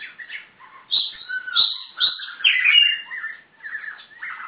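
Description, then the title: Magpie-robin song with clear rising and falling whistles interspersed with quick twittering notes, continuous and lively throughout. "Kacer4"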